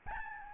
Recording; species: mosquito wingbeat signal from an infrared sensor; Aedes albopictus